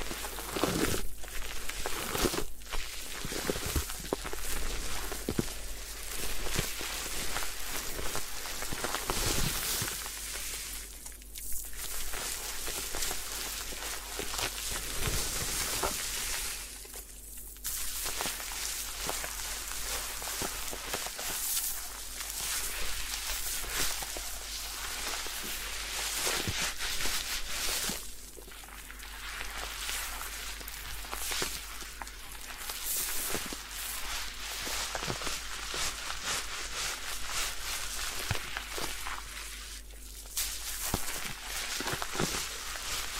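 A head spa hair wash with steady, bright rushing water and wet scrubbing that fills the whole clip. The water pauses or softens briefly around 11, 17, 28 and 40 seconds, with occasional faint clicks and handling sounds underneath.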